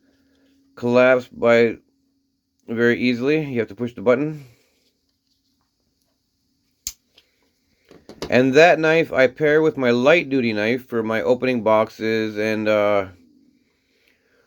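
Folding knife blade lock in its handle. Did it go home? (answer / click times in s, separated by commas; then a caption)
released / 6.9 s. Someone talks, then presses the button on the lock of a heavy-duty folding knife so the blade can collapse into its handle. A sharp, loud snap is heard at 6.9 s as the lock is released. Someone continues talking afterward.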